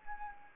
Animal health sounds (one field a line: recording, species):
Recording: mosquito wingbeat signal from an infrared sensor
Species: Anopheles arabiensis